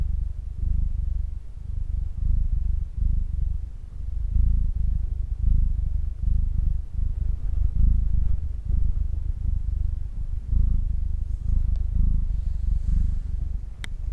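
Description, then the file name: Domestic cat purring steadily, a low rumbling throb pulsing in cycles roughly every second or two, with a faint brief click near the end. "freesound cat purr"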